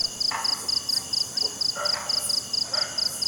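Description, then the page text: Cricket giving high, evenly spaced pulsed chirps in a rapid run, with a few softer lower calls in the background. Night, jungle. "Crickets Night Jungle TonwagenSfxLab"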